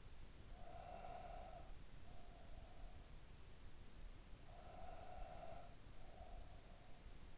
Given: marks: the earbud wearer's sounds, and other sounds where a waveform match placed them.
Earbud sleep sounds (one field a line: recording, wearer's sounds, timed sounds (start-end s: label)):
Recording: sounds in sleep by an in-ear microphone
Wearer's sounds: breath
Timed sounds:
0.27-3.61 s: breath
4.31-7.38 s: breath